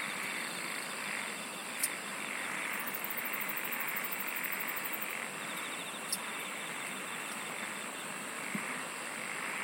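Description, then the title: Insects chirring steadily in a thick chorus; a high pulsed trill enters near three seconds, with a few sharp clicks breaking through. "SINGING OF INSECTS"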